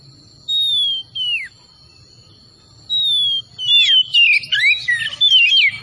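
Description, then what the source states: Oriental magpie-robin giving paired falling whistles separated by a pause, then a fast, dense tumble of mixed whistled and scratchy notes. Known as kacer tretes; singing vigorously (gacor).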